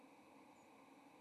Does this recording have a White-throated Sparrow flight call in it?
yes